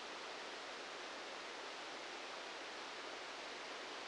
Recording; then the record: brain microelectrode recording played as sound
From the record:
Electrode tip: outside the subthalamic nucleus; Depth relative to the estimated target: -6 mm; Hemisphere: right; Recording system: NeuroSet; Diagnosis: Parkinson's disease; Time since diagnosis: 19 years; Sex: female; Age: 69 years